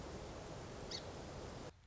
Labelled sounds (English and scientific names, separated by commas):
Song Sparrow (Melospiza melodia)